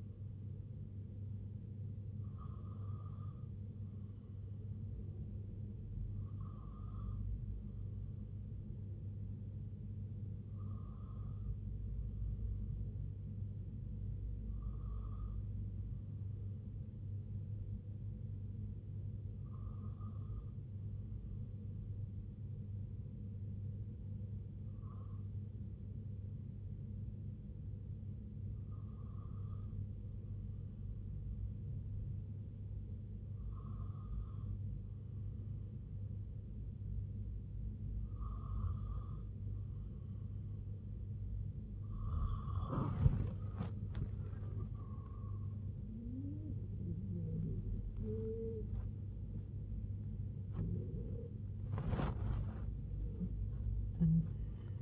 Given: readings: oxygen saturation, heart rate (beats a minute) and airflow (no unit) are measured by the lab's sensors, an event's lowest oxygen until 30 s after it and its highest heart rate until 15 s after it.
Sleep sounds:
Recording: breathing in sleep by a smartphone at the bedside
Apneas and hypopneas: 1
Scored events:
20.00-45.40 s: hypopnea (N3, oxygen 94% highest, then 93% lowest, heart rate 71 at the start, 99 highest)
45.00-54.82 s: new sleep stage, N1 (lightest sleep)
From the record:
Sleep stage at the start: N3 (deep sleep)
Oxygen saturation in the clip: 93 to 94%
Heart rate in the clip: 70 to 96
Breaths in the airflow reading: 11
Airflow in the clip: -11.2 to 10.6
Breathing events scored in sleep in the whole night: 258 in 7.4 hours asleep

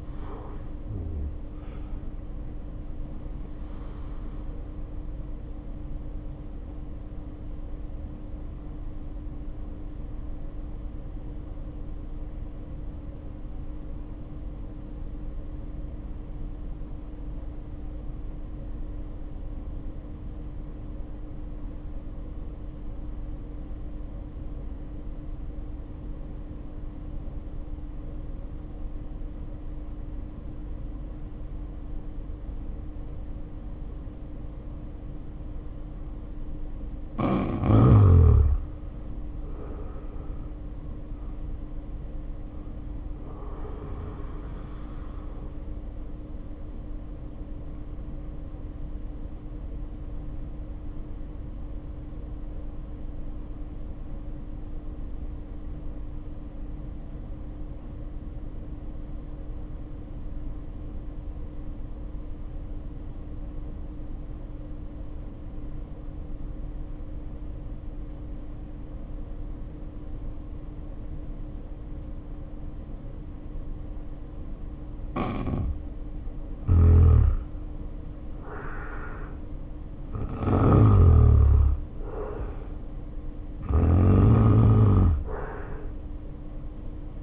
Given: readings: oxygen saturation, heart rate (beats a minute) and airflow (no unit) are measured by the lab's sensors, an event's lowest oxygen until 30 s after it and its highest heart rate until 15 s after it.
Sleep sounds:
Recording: breathing in sleep by a smartphone at the bedside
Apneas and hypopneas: 2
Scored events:
3.00-63.00 s: new sleep stage, N1 (lightest sleep)
7.00-39.00 s: hypopnea (N1, oxygen 95% highest, then 75% lowest, heart rate 47 at the start, 69 highest)
46.00-76.70 s: hypopnea (N1, oxygen 91% highest, then 77% lowest, heart rate 69 at the start, 69 highest)
63.00-87.23 s: new sleep stage, N2 (light sleep)
From the record:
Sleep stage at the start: N2 (light sleep)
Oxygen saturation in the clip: 73 to 95%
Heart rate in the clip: 47 to 69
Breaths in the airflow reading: 21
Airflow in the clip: -3.0 to 3.5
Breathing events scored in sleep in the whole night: 520 in 7.2 hours asleep

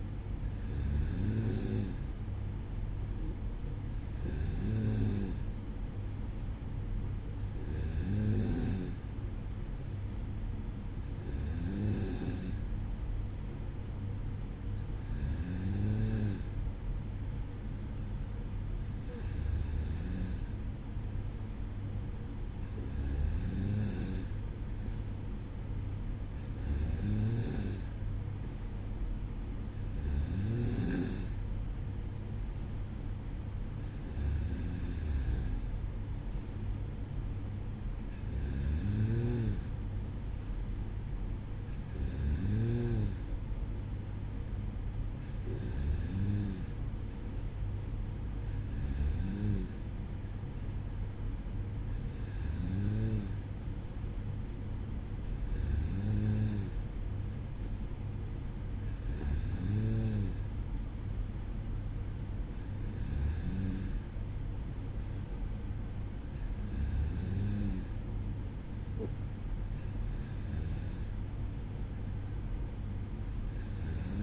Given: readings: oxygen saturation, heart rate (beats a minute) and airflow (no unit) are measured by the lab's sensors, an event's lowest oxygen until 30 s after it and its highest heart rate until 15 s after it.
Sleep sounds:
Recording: breathing in sleep by a smartphone at the bedside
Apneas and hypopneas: none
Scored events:
none scored
From the record:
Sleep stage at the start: N2 (light sleep)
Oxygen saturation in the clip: 94 to 95%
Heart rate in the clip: 55 to 57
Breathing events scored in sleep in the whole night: 305 in 9.6 hours asleep

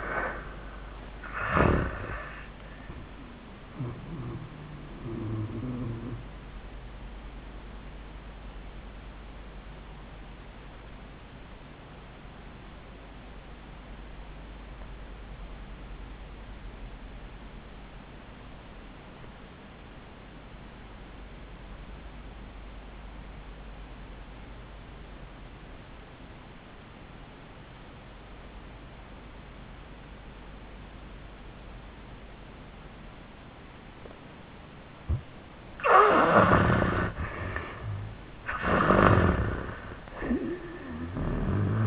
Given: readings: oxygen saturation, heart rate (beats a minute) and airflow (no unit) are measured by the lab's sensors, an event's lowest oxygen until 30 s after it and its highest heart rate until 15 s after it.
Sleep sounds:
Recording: breathing in sleep by a voice recorder at the bedside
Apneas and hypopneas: 1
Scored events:
9.00-36.30 s: obstructive apnea (REM, oxygen 86% highest, then 62% lowest, heart rate 75 at the start, 94 highest)
From the record:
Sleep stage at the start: REM sleep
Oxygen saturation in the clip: 59 to 86%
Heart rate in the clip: 61 to 96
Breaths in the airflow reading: 3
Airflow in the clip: -19.7 to 10.2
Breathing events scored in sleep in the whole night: 400 in 8.7 hours asleep

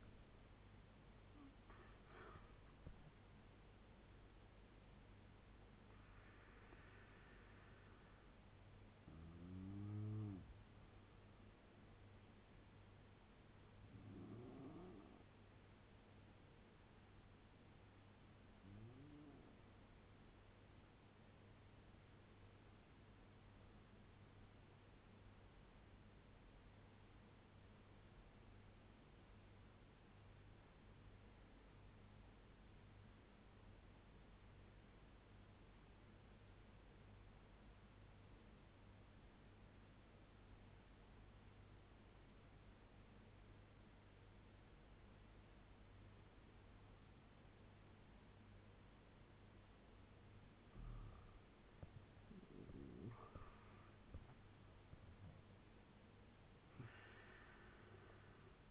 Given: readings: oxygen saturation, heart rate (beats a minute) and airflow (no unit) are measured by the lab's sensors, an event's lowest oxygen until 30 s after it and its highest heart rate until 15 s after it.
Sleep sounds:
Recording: breathing in sleep by a voice recorder at the bedside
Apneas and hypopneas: 1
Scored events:
4.00-34.00 s: new sleep stage, N1 (lightest sleep)
26.00-51.60 s: obstructive apnea (N1, oxygen 97% highest, then 85% lowest, heart rate 75 at the start, 89 highest)
34.00-58.71 s: new sleep stage, N2 (light sleep)
From the record:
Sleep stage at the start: N2 (light sleep)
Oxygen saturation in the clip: 85 to 97%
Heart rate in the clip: 73 to 89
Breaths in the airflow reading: 4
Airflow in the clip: -8.1 to 13.2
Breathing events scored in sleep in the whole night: 201 in 6.5 hours asleep

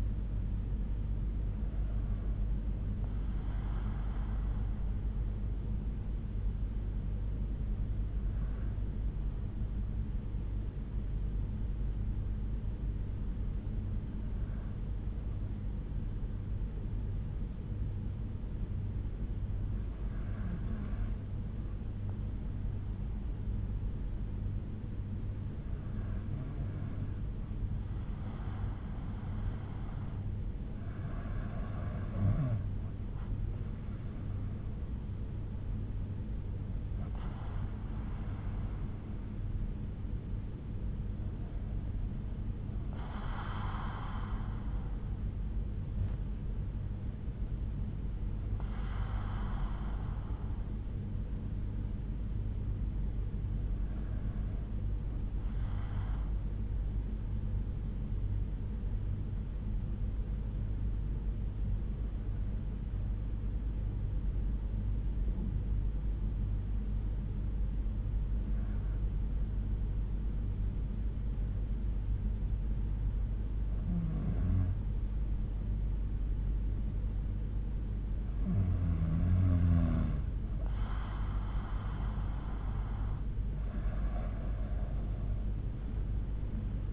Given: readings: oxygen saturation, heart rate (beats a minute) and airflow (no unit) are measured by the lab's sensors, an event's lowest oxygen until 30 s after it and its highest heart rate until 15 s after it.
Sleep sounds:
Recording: breathing in sleep by a smartphone at the bedside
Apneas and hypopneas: 2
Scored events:
4.00-30.60 s: hypopnea (N2, oxygen 95% highest, then 91% lowest)
57.00-82.60 s: hypopnea (N2, oxygen 95% highest, then 89% lowest)
From the record:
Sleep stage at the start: N2 (light sleep)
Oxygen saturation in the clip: 91 to 95%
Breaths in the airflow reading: 15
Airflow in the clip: -8.7 to 7.1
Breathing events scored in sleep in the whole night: 368 in 8.0 hours asleep

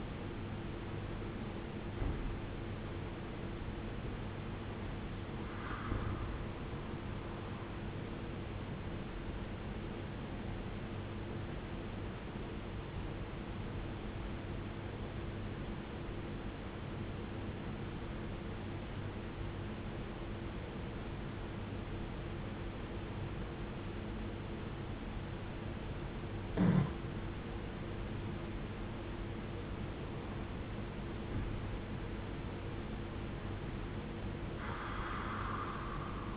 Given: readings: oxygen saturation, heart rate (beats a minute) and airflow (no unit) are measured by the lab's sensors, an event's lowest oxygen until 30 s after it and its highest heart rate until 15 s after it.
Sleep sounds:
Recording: breathing in sleep by a voice recorder at the bedside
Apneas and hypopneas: 1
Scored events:
7.00-36.37 s: new sleep stage, N1 (lightest sleep)
14.00-29.00 s: obstructive apnea (N1, oxygen 91% highest, then 90% lowest, heart rate 57 at the start, 70 highest)
From the record:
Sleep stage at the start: N2 (light sleep)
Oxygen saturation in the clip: 79 to 94%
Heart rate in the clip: 54 to 76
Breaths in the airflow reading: 5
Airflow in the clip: -14.5 to 11.8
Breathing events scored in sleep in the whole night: 389 in 6.3 hours asleep

